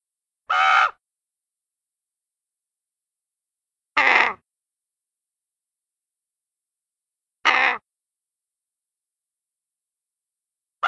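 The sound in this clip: Raven with single rough, grating caws spaced roughly three and a half seconds apart, four in all, with silence between them.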